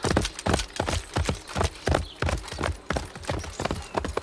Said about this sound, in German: gab dem Pferd die Sporen. Es sprengte in den bekannten finsteren Wald hinein.